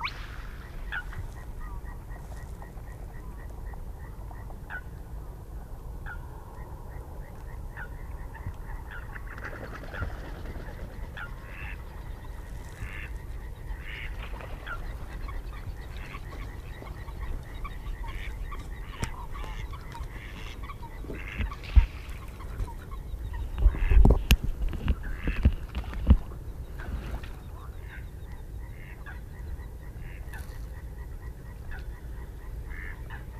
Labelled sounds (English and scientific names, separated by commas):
Spotted Crake (Porzana porzana)